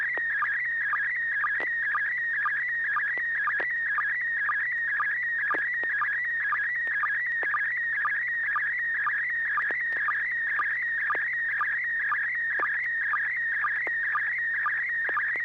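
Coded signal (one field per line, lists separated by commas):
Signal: SSTV (slow-scan television)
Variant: PD120 mode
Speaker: Bob uh are you ready well hopefully I am uh this should be PD 120 and 6 pgq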